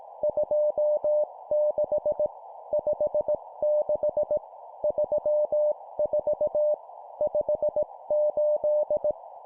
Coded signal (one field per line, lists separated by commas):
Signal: Morse code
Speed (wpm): 18 wpm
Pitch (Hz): 600 Hz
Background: none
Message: 26 56 34 58